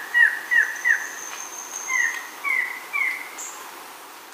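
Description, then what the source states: Uniform antshrike: a series of downslurred notes, the first three sharper, the next three softer and slightly higher, with a thin high whistle from another bird. Recorded in Ecuador.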